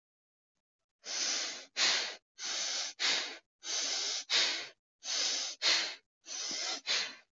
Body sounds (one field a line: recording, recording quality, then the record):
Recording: deep breathing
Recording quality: excellent, no background noise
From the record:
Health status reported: healthy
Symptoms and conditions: none ticked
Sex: female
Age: 22 years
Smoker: not ticked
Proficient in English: yes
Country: India